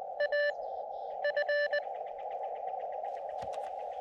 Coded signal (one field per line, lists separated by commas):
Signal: Morse code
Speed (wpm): 19 wpm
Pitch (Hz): 590 Hz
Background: radio noise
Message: AF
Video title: SOTA on Thomas Mtn